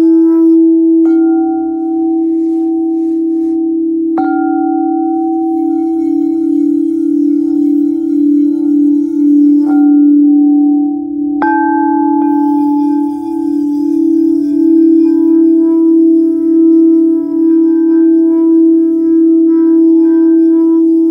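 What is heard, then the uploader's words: Singing bowls and a gong ring together in a steady, sustained low hum that wavers and beats slowly throughout. Brighter struck tones enter around one, four, ten and eleven seconds, each adding a higher ringing layer that lingers over the drone. This is an original work that was created by playing Venus Gong, Root Chakra Crystal Singing Bowl, Sacral Chakra Singing Bowl, and Sacred Yoni Tibetan Singing Bowl.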